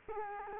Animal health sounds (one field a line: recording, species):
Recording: mosquito wingbeat signal from an infrared sensor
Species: Culex quinquefasciatus